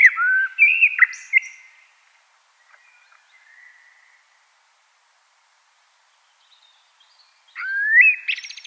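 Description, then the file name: Common blackbird singing a mellow whistled phrase with a squeaky flourish, faint twittering after it, then a long silence before a rising fluted phrase begins. "Turdus merula"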